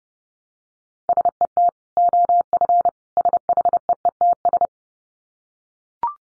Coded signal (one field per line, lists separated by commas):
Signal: Morse code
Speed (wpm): 30 wpm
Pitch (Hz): 700 Hz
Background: none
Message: SET OF SHEETS